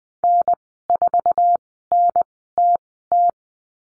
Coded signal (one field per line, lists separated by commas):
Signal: Morse code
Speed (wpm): 19 wpm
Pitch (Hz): 700 Hz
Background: none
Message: N4NTT